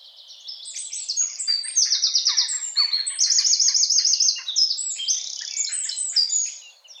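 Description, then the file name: Eurasian wren singing a vigorous, high, tumbling phrase packed with quick notes and two strong rattling trills. "Troglodytes troglodytes"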